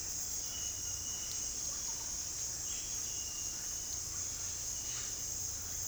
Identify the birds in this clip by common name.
none